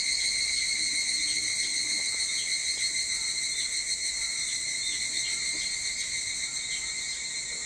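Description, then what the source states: Evening cicadas in full chorus, a shrill unbroken ringing with a shimmering, rapidly pulsed texture and small rises and falls in loudness. Recorded 22 July 2023 at 04:40.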